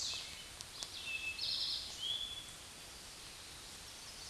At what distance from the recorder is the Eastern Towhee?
about 30 m